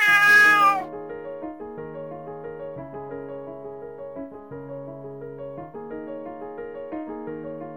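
A single loud, high-pitched cat meow rises and falls in the first second, then gives way to a soft, steady melody of plucked or keyboard notes for the rest.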